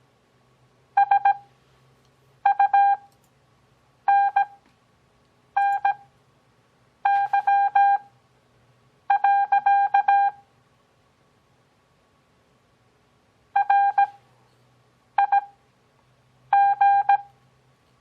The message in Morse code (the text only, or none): SUNNY. RIG